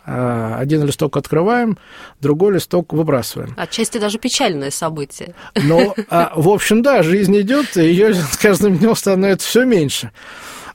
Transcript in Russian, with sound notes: один листок открываем, другой листок выбрасываем.
— Отчасти даже печальное событие. (Смеется.)
— Ну, в общем, да — жизнь идет, и ее с каждым днем становится все меньше.